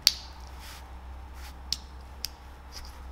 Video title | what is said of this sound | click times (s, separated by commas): VW GOLF 3 SCHIEBEDACHSCHALTER (2) ZERLEGEN TUTORIAL / ANLEITUNG | runterdrücken beidseitig einrasten lassen und | 0.1 s